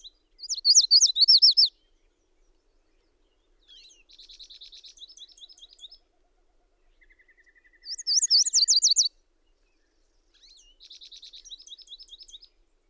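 Bird song: loud, rapid zigzag trills alternate with softer buzzy trilled phrases, each phrase about one to two seconds, with a thin lower rattle between.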